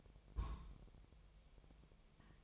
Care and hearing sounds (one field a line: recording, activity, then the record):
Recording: daily activity, microphone in the room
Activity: place on stove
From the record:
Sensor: 1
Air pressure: 999.4 hPa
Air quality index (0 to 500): 198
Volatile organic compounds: 40 ppm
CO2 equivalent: 3140 ppm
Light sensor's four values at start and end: 9/22/8/9 and 9/22/8/9